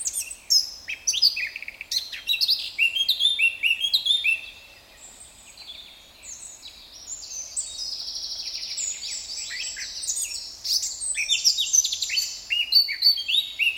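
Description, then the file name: Eurasian blackcap song: long, busy warbling of quick twittering and whistled notes, easing briefly, then swelling again into rapid high phrases. "Sylvia atricapilla"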